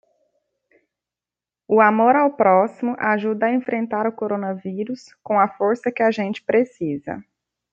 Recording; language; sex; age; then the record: spoken sentence; Brazilian Portuguese; female; 30 to 39 years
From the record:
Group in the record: control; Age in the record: 31 years